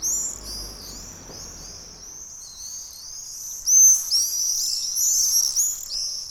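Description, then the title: Swallows twittering, high chattering chirps that grow louder and denser halfway through, after a low rumble fades at the start. About twenty swallows flying fast low over houses in Ollo, Navarra, Spain, on a summer morning; birds said to stop twittering when recording starts. "Golondrinas En Ollo"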